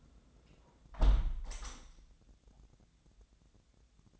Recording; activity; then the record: daily activity, microphone in the room; close window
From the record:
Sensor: 3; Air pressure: 1012.2 hPa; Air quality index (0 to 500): 133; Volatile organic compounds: 2 ppm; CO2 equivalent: 1030 ppm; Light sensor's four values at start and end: 171/412/168/154 and 174/418/170/156